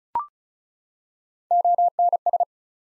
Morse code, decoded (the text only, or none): ONS